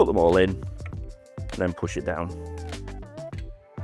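Someone talks over background music while the metal mounting brackets of a cabinet door are lined up and put onto the pull-out frame of a Vauth Sagel VS SUB larder unit, ready to be pushed down. A few faint, short handling knocks are heard. The door has not seated or clicked onto the frame yet.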